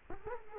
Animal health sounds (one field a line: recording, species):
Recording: mosquito wingbeat signal from an infrared sensor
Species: Culex quinquefasciatus